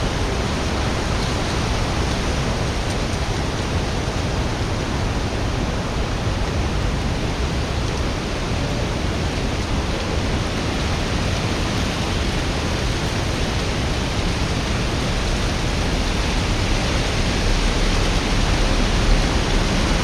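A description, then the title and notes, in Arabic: Leaves rustle in a forest at dusk as a steady, dense hiss with no breaks. The wash spans deep rumble to bright top and stays even throughout, swelling only slightly toward the end. No distinct individual sounds stand out. هذا المشهد الصوتي، المسجل بالصوت ثلاثي الأبعاد خلال الساعة السحرية الساحرة. تحت ناموسية أشجار السيكويا العتيقة.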